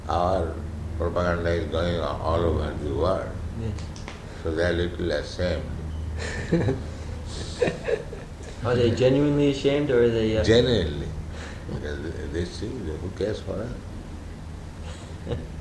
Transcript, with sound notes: our propaganda is going on all over the world.
Yes.
So they are a little ashamed. [devotees laugh]
Are they genuinely ashamed, or are they...
Genuinely. Because they see, "Who cares for us?"